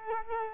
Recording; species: mosquito wingbeat signal from an infrared sensor; Culex quinquefasciatus